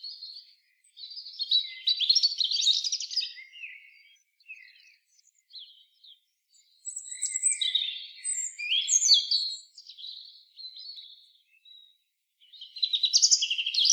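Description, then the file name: European robin song: bursts of high, thin, tumbling warbled phrases with sharp trills and whistles, separated by quieter stretches of scattered notes. "Erithacus rubecula"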